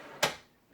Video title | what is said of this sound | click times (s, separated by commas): Can a Budget Raidmax Viper GX case meets your needs? Lets find out! | then it clicks in place | 0.2 s